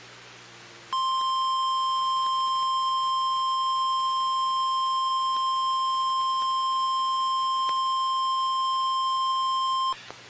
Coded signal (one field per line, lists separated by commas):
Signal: Emergency Alert System (SAME) tones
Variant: 1050 Hz attention tone